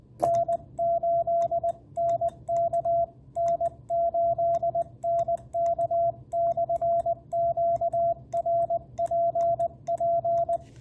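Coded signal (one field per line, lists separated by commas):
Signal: Morse code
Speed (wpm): 19 wpm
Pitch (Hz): 660 Hz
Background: radio noise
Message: N8NK N8NK/QRPP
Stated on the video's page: CW contact with a UK POTA activation, running one watt across the Atlantic.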